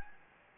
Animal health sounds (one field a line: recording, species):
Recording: mosquito wingbeat signal from an infrared sensor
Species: Anopheles gambiae